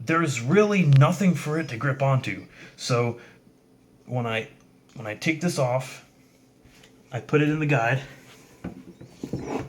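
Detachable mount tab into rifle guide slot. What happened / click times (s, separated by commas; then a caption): The mount tab was placed in its guide without seating / none. Someone talks while lining up the detachable cover/mount tab in its guide slot on a Matrix SVD Dragunov airsoft sniper rifle, before it is slid fully into place and the lever is locked. Brief faint handling knocks come through near 6.8 s, 8.6 s and 9.3 s between the speech. Nothing has seated or clicked yet.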